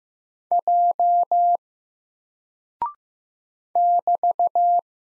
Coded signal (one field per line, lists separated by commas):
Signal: Morse code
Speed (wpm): 15 wpm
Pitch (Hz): 700 Hz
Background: none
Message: J <BT>